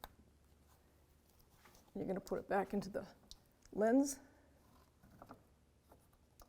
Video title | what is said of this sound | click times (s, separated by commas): How To Replace Fog Light Bulb 2007-2013 Acura MDX | slide it in till it clicks | 0.0 s